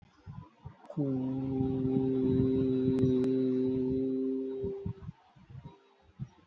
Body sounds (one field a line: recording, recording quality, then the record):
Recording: sustained vowel as in boot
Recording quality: excellent, no background noise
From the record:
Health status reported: healthy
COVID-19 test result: not tested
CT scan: not taken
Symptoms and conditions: none ticked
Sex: male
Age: 32 years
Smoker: no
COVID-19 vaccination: one dose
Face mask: not worn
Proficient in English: yes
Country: India